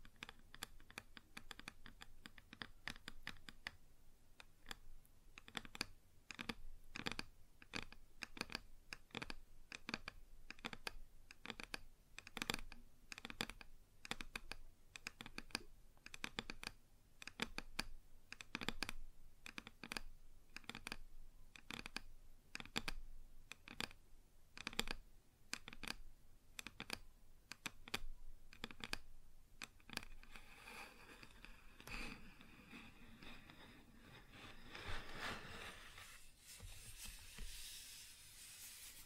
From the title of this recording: Wood Surface Tapping & Scratching